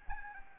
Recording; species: mosquito wingbeat signal from an infrared sensor; Anopheles arabiensis